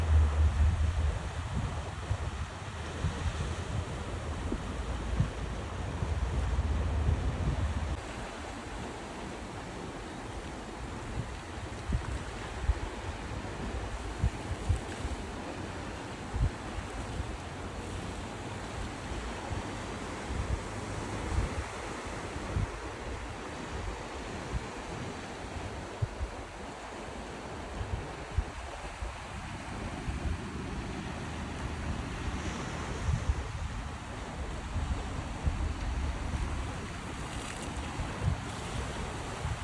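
Steady sea sounds with a continuous wash of surf, heavy low rumble and wind buffeting, loudest in the first eight seconds, then slightly calmer.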